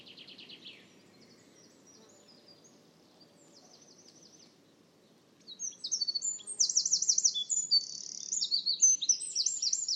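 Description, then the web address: Bird song: a brief high buzzy phrase at the start, a long near-silent pause, then a sustained burst of rapid, high twittering notes and trills over soft background hum. "cianscape birddata Deverinetal 2025"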